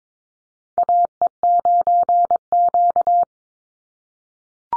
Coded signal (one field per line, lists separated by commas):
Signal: Morse code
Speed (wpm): 22 wpm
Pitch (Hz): 700 Hz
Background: none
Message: AE9Q